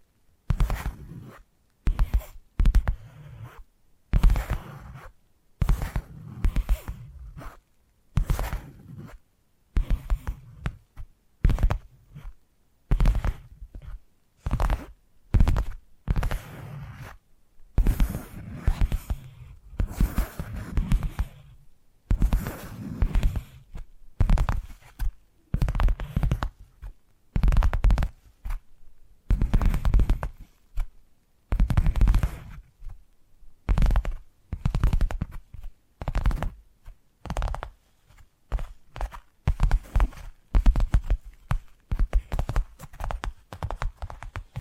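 Tapping sounds run through the whole clip in quick bursts and short clusters, with brief silent gaps between them. Each tap is sharp, and the weight sits in a low, hollow thud beneath a lighter clicky top. The pace shifts irregularly and never settles into a steady rhythm.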